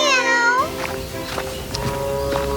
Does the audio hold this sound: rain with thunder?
no